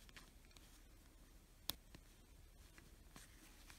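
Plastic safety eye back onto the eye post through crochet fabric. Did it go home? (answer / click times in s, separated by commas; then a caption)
yes / 1.7 s. A plastic washer back is pushed onto the post of a plastic safety eye set through the crochet fabric of a crocheted amigurumi bee head. Amid faint soft rustling and handling, a single sharp click sounds at 1.7 s as the back locks onto the post and seats.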